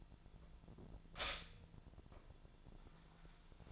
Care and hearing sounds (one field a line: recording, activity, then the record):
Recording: daily activity, microphone in the room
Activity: stop toaster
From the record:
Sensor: 5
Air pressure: 1009.4 hPa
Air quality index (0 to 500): 168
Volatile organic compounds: 4 ppm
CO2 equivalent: 1618 ppm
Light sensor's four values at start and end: 90/240/98/103 and 90/239/97/102